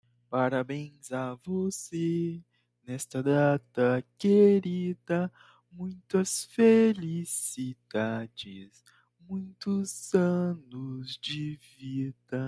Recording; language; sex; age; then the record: short text; Brazilian Portuguese; male; 20 to 29 years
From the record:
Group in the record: control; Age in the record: 20 years